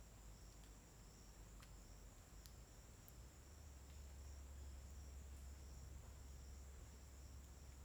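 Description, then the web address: Cricket: steady shrill trilling of crickets continues throughout, with a few sharp clicks and a low rumble that swells in the second half. Daytime ambience at a riverside in forest in Tocantins, with crickets described as uniform. "Ambiente na beira do rio na mata com passaros e grilos homogeneos dia. local tocantins"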